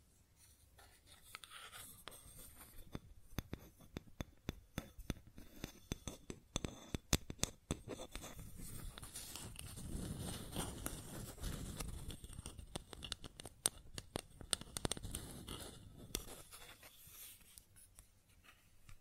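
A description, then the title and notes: Sharp clicks and taps on a wooden surface come in uneven bursts throughout, some quick and clustered, others spaced apart. Between roughly nine and sixteen seconds a low rubbing or scraping sound swells underneath the taps, then fades, leaving sparser knocks at the end. ASMR Sounds on Wooden Surface (No Talking).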